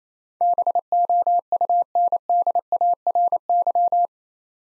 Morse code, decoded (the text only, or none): BOUNDARY